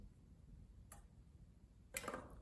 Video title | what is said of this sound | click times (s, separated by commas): Trumpet Maintenance/Disinfect - Beginning Band Covid Companion | and again this last step is very important you will need to turn the top pearl until it clicks into place | 0.9 s